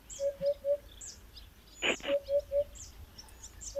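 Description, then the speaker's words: Eurasian hoopoe calling, soft hollow low 'oop-oop-oop' triplets repeated, while small birds chirp higher up and one brief sharp sound cuts in. Hoopoe calling in the background during a conversation about the species. "Esatto, la nostra amica Upupa ha voluto farsi sentire, perché dice: non si può parlare di me così invano."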